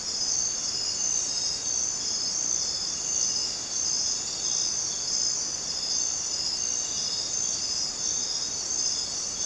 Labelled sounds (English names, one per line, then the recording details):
none
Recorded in dense forest near Puerto Asís, Putumayo, Colombia, on 29 June 2025 at 02:00
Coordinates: 0.484, -76.317
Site G045